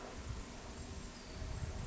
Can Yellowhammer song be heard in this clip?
no